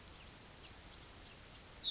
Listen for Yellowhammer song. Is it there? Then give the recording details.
yes. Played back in grassland. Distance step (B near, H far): E. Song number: 112